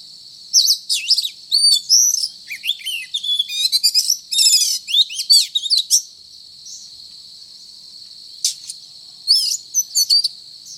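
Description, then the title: Oriental magpie-robin singing a long run of tumbling whistles, slurred notes and trills, then a pause and a few more sharp phrases, with a constant high-pitched hum behind. Song described as 'gacor', meaning vigorous, frequent singing. "Kacer Gacor"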